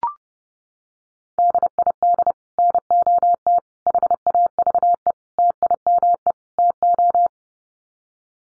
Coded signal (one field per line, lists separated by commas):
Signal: Morse code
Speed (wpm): 30 wpm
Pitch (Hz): 700 Hz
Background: none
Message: DID NOT HAVE TIME TO